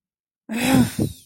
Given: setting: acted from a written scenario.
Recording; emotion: vocal sound without words; anger